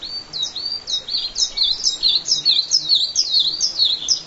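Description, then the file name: Bluethroat song: a fast run of high, varied chirps and twangy notes, many phrases repeated in quick succession, steady and continuous throughout. Black-faced bunting and dusky warbler songs in background. "L svecica-song backgr-E spod-Ph fusc-songs"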